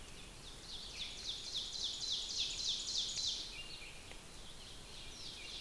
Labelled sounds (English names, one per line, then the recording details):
Ovenbird song
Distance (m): 55 m
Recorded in boreal forest in Alberta, Canada, on 5 June 2016 at 06:52
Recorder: SongMeter 3, array SBT-3-51
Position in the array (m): 229 m, 195 m
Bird 28